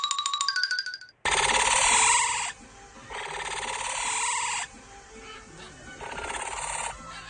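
A short rising electronic chime gives way to the call of a capybara, a semi-aquatic herbivore: three loud, harsh, raspy bursts of a few seconds each, separated by brief quieter gaps, with no talking.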